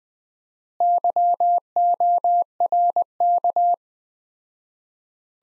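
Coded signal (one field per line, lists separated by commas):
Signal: Morse code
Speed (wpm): 20 wpm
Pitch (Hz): 700 Hz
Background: none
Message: YORK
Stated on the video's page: Morse practice of three-word sets at 20wpm with 4x word spacing, a Farnsworth-like method applied to words.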